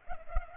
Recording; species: mosquito wingbeat signal from an infrared sensor; Culex pipiens